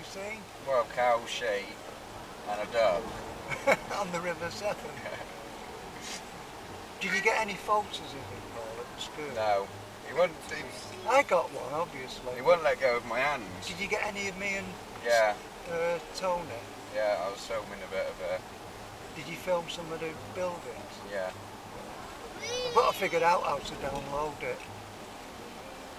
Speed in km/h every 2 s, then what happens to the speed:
40, 43, 47, 45, 43, 39, 40, 42, 42, 41, 40, 42, 41.
0-3 speeds up to 47. 10-26 steady at about 41.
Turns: none.